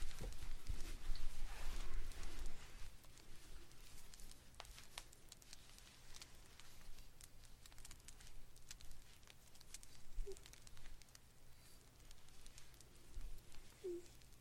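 Knitting on a blanket: soft irregular clicks and brushing rustles throughout, a steady low hum underneath, busier rustling in the first three seconds.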